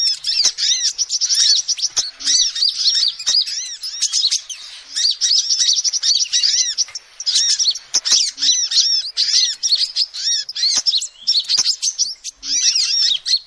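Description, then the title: Lovebird chatter: sustained high-pitched squeaky twittering in repeated bursts, broken by brief pauses and sharp clicking sounds. Used as a lure (pikat) to trap birds. "PIKAT BURUNG LOVEBIRD"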